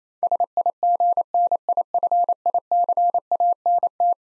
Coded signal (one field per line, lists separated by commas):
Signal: Morse code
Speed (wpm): 27 wpm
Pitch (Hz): 700 Hz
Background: none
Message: SIGNIFICANT